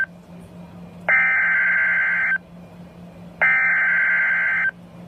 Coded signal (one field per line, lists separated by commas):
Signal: Emergency Alert System (SAME) tones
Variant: header bursts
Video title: Severe thunderstorm warning (9/10/16) (EAS #82)